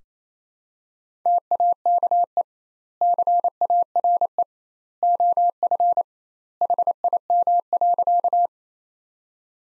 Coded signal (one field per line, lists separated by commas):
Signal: Morse code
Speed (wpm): 28 wpm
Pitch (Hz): 700 Hz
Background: none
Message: TAKE CARE OF HIM.